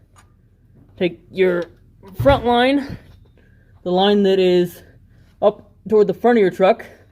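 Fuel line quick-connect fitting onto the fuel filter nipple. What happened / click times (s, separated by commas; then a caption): Handled, not yet home: no seating click from the line fitting / none. Someone talks while handling the front fuel line's quick-connect fitting at the nipple of a new inline fuel filter on a 1997 Ford Ranger 4.0 pickup truck. Two faint, brief ticks occur around 3.3 s and 3.4 s between bursts of speech. The fitting has not yet been pushed home, and nothing has seated or clicked yet.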